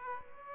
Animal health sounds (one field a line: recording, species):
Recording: mosquito wingbeat signal from an infrared sensor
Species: Aedes aegypti